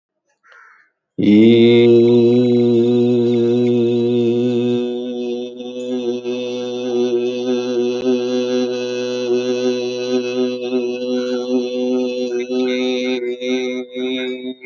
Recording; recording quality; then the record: sustained vowel as in beet; excellent, no background noise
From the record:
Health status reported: healthy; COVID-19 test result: not tested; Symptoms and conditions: diabetes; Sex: male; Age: 60 years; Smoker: not ticked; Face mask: not worn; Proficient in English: yes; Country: India